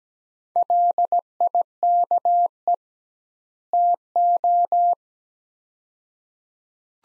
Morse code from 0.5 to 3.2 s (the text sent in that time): LIKE